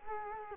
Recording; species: mosquito wingbeat signal from an infrared sensor; Culex quinquefasciatus